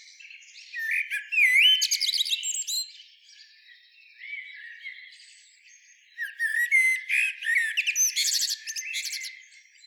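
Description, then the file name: Eurasian blackbird song with two loud bursts of fluty notes, slurred whistles and scratchy high twittering, separated by a quieter stretch of soft notes. "Turdus merula"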